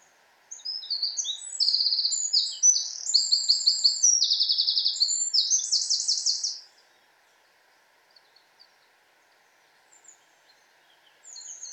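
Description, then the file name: Eurasian wren singing a fast, high-pitched burst of trills and chattering notes for about six seconds, then near silence with a few faint notes. "Troglodytes troglodytes"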